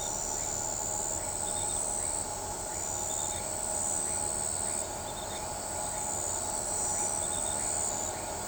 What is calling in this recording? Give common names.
none